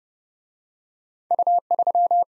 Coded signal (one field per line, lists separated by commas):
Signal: Morse code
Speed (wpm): 27 wpm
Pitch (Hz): 700 Hz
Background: none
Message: U3